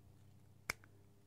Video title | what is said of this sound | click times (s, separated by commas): Making and Terminating an MC4 Jumper for solar PV Installation | ahead and feed that in here well push we'll push it until we hear the click there | 0.7 s